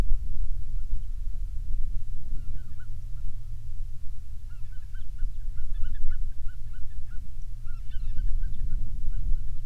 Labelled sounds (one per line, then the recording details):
songbird
waterfowl
wind
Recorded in the Prudhoe Bay oil fields, Alaska, on 30 June 2019 at 00:32
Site 22